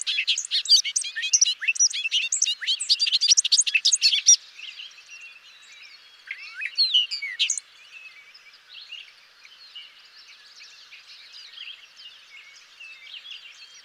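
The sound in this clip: Bobolink song: a long, loud bubbling outburst of rapid metallic notes, a second shorter burst, then fainter babbling song continuing behind.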